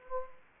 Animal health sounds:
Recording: mosquito wingbeat signal from an infrared sensor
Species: Anopheles gambiae

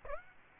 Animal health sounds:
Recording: mosquito wingbeat signal from an infrared sensor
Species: Aedes aegypti

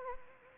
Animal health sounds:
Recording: mosquito wingbeat signal from an infrared sensor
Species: Anopheles arabiensis

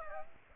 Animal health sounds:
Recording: mosquito wingbeat signal from an infrared sensor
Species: Aedes aegypti

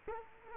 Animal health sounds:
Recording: mosquito wingbeat signal from an infrared sensor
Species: Culex quinquefasciatus

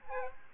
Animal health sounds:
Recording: mosquito wingbeat signal from an infrared sensor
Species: Aedes aegypti

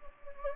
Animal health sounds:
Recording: mosquito wingbeat signal from an infrared sensor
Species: Anopheles gambiae

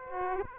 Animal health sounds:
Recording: mosquito wingbeat signal from an infrared sensor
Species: Aedes aegypti

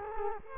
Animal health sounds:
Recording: mosquito wingbeat signal from an infrared sensor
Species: Culex quinquefasciatus

